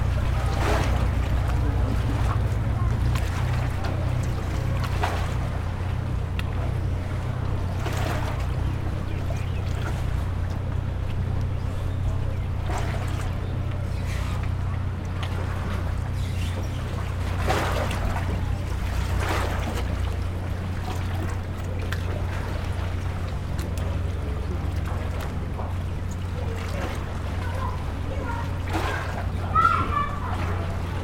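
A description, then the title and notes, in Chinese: A boat's engine drones low and steady near a harbor, with small waves slapping the shore every few seconds and faint voices. 基隆正濱漁港。我走到了社寮福德宮,剛好鄰近海邊,可以遠看彩虹屋,還可以看著船隻來往,包括因為船隻出航形成的浪花打到岸邊,都聽得一清二楚。雖說是假日,但稍微遠離一下觀光人群。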